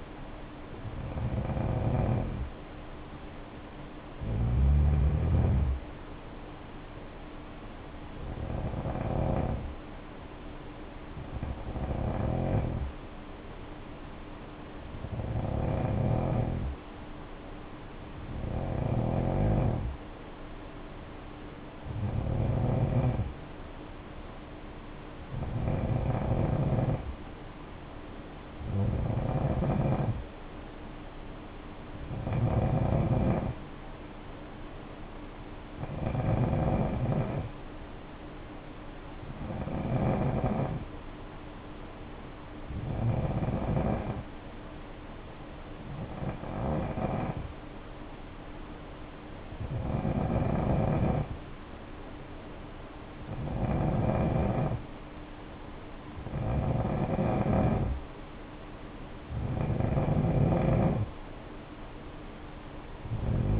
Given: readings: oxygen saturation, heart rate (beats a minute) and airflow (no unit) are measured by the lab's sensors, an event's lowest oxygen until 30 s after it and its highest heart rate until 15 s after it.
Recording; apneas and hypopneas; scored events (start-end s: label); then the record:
breathing in sleep by a voice recorder at the bedside; 1
30.00-59.40 s: hypopnea (N2, oxygen 93% highest, then 90% lowest, heart rate 60 at the start, 63 highest)
From the record:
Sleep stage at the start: N2 (light sleep); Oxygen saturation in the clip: 90 to 94%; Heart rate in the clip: 55 to 63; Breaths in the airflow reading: 18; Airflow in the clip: -6.2 to 4.8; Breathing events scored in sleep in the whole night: 520 in 7.2 hours asleep